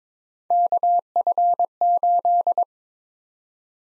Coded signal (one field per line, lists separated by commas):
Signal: Morse code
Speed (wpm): 22 wpm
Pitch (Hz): 700 Hz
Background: none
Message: KF8